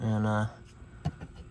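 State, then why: Seated. After a brief word, a crisp click at 1.0 s shows the plastic connector snapping into place.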